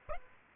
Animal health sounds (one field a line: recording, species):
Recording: mosquito wingbeat signal from an infrared sensor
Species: Aedes aegypti